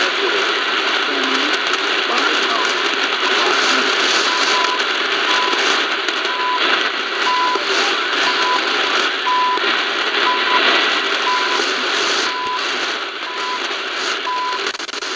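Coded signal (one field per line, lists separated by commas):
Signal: radio time signal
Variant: CHU Canada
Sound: short 1 kHz ticks about once each second through heavy shortwave static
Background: radio static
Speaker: So this is CHU Canada. The month, it's actually June 1st, or actually technically June 2nd, 2026, and I'm not sure when it turns off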